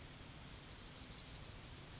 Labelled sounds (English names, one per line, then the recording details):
Yellowhammer song
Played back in grassland
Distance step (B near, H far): E
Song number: 034